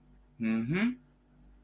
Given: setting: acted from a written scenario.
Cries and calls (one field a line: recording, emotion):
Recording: vocal sound without words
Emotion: interest